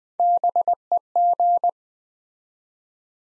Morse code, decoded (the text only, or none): BEG